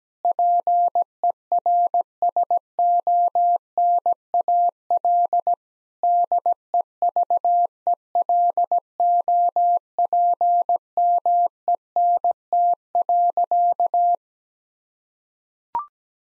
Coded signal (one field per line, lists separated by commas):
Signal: Morse code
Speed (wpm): 17 wpm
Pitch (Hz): 700 Hz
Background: none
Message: PERSONAL DEVELOPMENT.